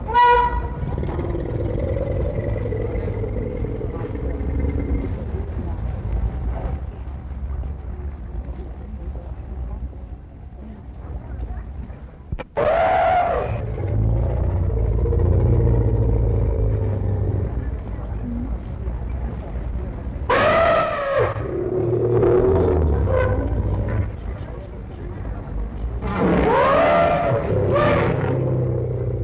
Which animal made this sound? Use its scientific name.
Elephas maximus